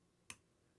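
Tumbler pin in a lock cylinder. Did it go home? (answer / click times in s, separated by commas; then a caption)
yes / 0.3 s. A pin is set with a Lishi 1-L pick in a Kwikset lock cylinder after pin three kept binding. A single sharp, bright click is heard at 0.3 s against a quiet background. The tumbler pin seats, a clean pick.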